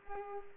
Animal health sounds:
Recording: mosquito wingbeat signal from an infrared sensor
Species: Culex pipiens

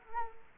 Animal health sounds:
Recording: mosquito wingbeat signal from an infrared sensor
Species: Culex quinquefasciatus

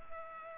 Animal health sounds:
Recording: mosquito wingbeat signal from an infrared sensor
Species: Culex pipiens

